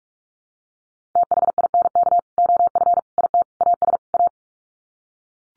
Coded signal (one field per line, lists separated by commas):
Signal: Morse code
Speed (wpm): 44 wpm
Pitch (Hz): 700 Hz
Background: none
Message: THINK OF IT AS A